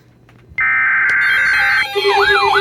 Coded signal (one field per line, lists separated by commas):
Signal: Emergency Alert System (SAME) tones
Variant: header bursts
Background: speech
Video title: Oh look! Another random spinny! 🌪 || EAS Alerts from May 26, 2024 (EAS #2,735-2,769)